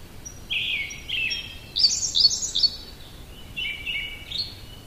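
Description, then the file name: Siberian blue robin: soft high thin notes, then a run of rattling trills rising to a higher buzzy section before dropping back. "koruri"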